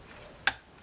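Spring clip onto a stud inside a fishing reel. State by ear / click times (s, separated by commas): seated / 0.5 s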